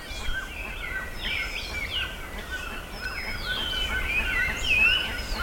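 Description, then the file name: Birds chirp and whistle in a dense chorus, with thin rising whistles standing out near the end. "SABIOD 50 bird 2015"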